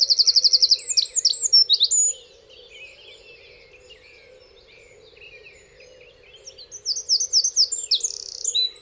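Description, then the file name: Eurasian wren song, a high, fast trilled burst at the start, a quieter gap, then a new run of sharp, rapid notes, with a low hum throughout. "Troglodytes troglodytes"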